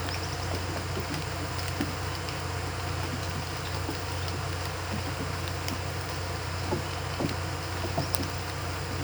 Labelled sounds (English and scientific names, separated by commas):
none